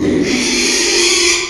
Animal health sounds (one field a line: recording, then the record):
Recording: squeal of a Yucatan mini pig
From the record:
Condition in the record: after surgery on the right vocal fold (resection and tissue-engineered implant)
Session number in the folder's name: 2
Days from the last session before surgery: 13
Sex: male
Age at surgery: 12 weeks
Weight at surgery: 13 kg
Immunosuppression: cyclosporine, prednisolone